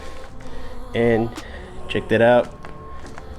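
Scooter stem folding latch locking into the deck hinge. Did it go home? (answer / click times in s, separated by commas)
yes / 3.2 s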